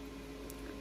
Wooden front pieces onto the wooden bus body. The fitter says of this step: And we're going to snap these front pieces on.